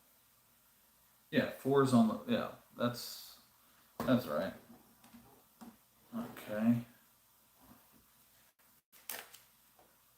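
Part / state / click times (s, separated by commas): plastic toy brick onto brick model / seated / 9.1 s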